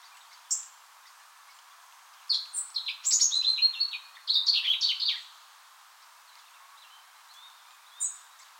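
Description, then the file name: European robin song: a single high note, then a three-second run of thin, varied whistles and twittering trills, and one more high note near the end. "Erithacus rubecula"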